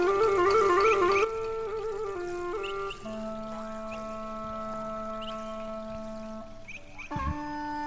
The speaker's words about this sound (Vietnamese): Khẽ khàng rót hai cái chén nước, một cái đưa cho thầy, một cái còn lại đưa cho người đàn bà tội nghiệp.